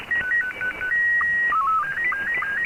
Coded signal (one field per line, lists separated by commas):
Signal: SSTV (slow-scan television)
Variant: Robot 72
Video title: Recap of Pirate Radio Activity Wednesday 7 September 2022